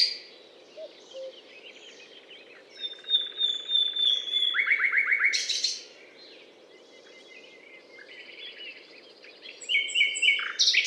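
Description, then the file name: Common nightingale singing: a long pure whistled note, a fast rattling burst of repeated notes, a pause, then more varied phrases; low background hum. Recorded at the Butte calcaire de Gratacap, France, on 19 May 2012. "rossignol philomele Butte calcaire de Gratacap"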